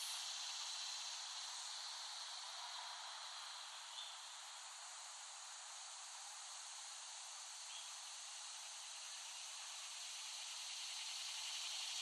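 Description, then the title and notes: Cicadas keeping up a long, even high buzz, steady from start to end with a single small tick near the middle. Several cicadas recorded in West Brighton, Staten Island, late summer 2008. "Recording of cicadas made by Dan Bodah in West Brighton, Staten Island, late summer 2008."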